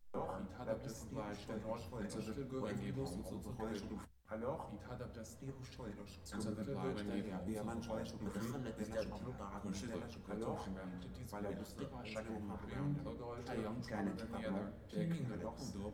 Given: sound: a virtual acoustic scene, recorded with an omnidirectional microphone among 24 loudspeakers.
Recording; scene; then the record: noise of the scene; underground station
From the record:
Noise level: 70 dB SPL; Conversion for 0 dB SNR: 0.7 dB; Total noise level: 70.7 dB SPL